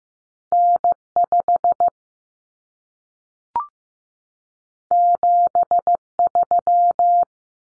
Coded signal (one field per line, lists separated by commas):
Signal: Morse code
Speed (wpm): 15 wpm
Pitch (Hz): 700 Hz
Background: none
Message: N5 73